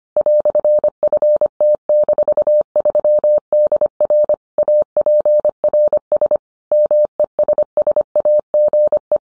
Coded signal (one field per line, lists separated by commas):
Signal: Morse code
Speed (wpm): 25 wpm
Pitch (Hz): 600 Hz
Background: none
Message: "FT-3DR APRS MESSAGE